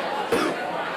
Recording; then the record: coughing mixed with background sound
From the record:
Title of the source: Coughing 77